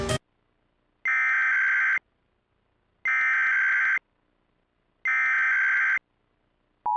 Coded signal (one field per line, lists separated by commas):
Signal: Emergency Alert System (SAME) tones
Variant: header bursts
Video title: EAS Scenario: Mobius City Metal Virus Part 2